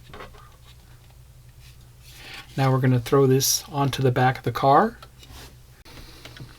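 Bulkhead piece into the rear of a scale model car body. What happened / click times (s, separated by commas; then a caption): The part is being handled but has not clicked into place / none. A plastic/die-cast bulkhead assembly for a 1:8 scale model car is handled just before it is slid onto the rear of the car body over two loops. Someone talks while faint handling rustles and small taps are heard. Nothing has seated or clicked into place yet.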